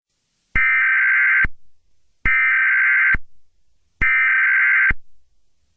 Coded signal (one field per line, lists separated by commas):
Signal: Emergency Alert System (SAME) tones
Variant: header bursts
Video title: Elemental Attack - An EAS Scenario